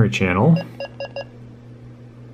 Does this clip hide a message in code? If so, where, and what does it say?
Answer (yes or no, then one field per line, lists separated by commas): no